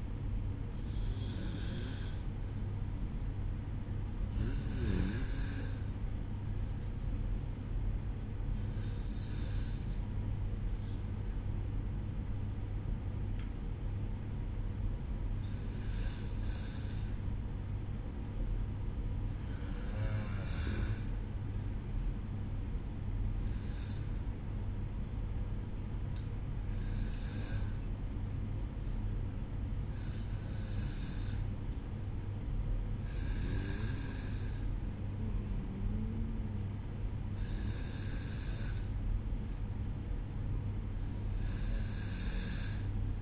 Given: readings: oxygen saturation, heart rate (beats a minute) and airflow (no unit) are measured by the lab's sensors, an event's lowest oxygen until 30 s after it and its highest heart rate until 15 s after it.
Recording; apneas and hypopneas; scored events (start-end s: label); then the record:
breathing in sleep by a smartphone at the bedside; none
none scored
From the record:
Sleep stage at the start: N1 (lightest sleep); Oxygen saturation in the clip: 93 to 94%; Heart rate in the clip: 54 to 57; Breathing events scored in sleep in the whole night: 305 in 9.6 hours asleep